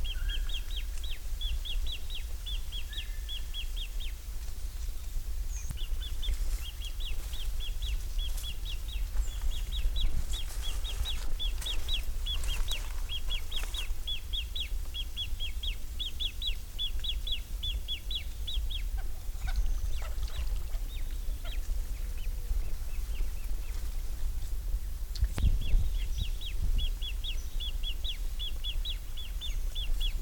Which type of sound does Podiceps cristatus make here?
call